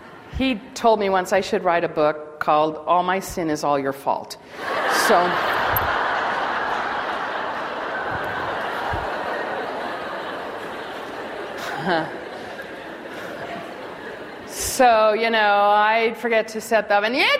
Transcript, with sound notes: He told me once I should write a book called All My Sin Is All Your Fault. (laughter)
So I forget to set the oven.